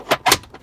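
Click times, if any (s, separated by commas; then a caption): 0.1 s. A small locking leg is unfolded on a homemade aluminum-tube table piece in a Toyota Sequoia 4x4 SUV camper conversion, giving a sharp click at 0.1 s and then a longer, louder broadband rattle around 0.3 s. The leg locks into place.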